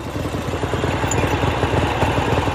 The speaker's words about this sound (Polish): Dość, że motocykl z przyczepką pomknął po zdobycz i wrócił z nią na placyk po 15 minutach.